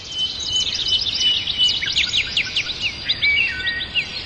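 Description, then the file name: Birds twittering in a lively chorus of quick, high, downward-sweeping chirps that keep overlapping, with a thin whistle near the end and faint hiss. Birds in a forest. "Passaros na Floresta"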